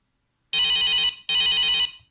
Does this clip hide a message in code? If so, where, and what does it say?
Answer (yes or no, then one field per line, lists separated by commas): no